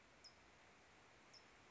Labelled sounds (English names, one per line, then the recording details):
California Towhee
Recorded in Sonoma County, California